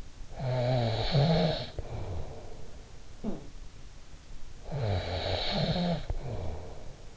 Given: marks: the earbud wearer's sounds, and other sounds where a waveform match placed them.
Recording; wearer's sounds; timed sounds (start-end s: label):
sounds in sleep by an in-ear microphone; snoring breath
0.25-2.72 s: snoring breath
3.08-3.50 s: sound from someone else or the room
4.61-7.17 s: snoring breath